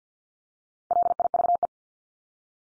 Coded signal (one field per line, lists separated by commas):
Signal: Morse code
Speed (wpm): 50 wpm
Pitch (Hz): 700 Hz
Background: none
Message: LIVE